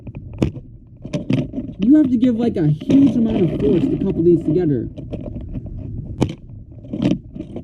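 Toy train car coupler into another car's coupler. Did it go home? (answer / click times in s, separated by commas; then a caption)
yes / 6.2 s. Two plastic Chuggington toy train cars are forced together until the coupler of one snaps into the other's magnetic or plastic coupler, which takes a huge amount of force. Someone talks over scattered handling knocks, then a sharp snap sounds at 6.2 s as the cars seat together.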